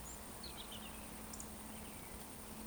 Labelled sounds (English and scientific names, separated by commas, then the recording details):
Eurasian Woodcock (Scolopax rusticola) whistle
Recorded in Baden-Württemberg, Germany, on 23 June 2020 at 19:54 UTC
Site 14569, 102 m above sea level